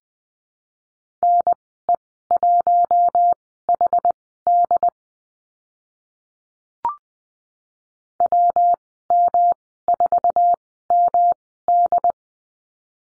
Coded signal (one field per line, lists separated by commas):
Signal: Morse code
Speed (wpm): 20 wpm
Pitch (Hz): 700 Hz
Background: none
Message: NE1HD WM4MD